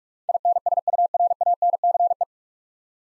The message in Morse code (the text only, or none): INSURANCE